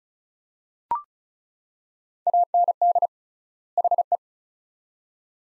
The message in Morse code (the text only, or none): AND HE